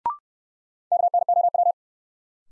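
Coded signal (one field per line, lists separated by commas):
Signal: Morse code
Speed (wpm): 55 wpm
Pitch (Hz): 700 Hz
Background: none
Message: KNOW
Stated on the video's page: Morse new-word drill at 65 wpm of words from the top 100, each sent twice for head-copy.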